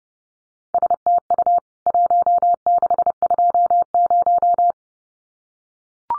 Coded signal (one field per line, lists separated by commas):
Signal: Morse code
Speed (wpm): 30 wpm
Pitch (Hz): 700 Hz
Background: none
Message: STU 1620